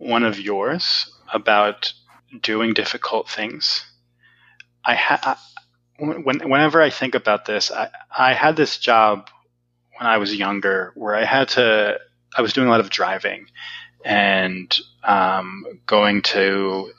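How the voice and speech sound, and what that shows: An adult man who stutters speaks conversationally in a quiet room, with repeated word starts ("when... when"), stretched sounds like a held "I" and drawn-out "n... m" before "going", and frequent pauses breaking the flow. These repetitions, prolongations and blocks are typical of stuttering.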